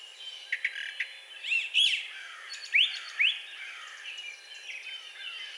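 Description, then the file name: Brown Thrasher: bird song of a few scattered upslurred whistles and sharp chirps, sparse and uneven, over a faint background hiss. Recorded 4 June 2020. "2020-06-04 Brown Thrasher"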